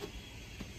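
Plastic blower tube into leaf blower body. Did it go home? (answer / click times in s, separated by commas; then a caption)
no / none. A plastic tube section is being fitted onto the body of a Sun Joe 24V-TB-LTE battery-powered cordless leaf blower, without instructions. Only low handling rumble and faint scraping are heard. Nothing has seated or clicked yet.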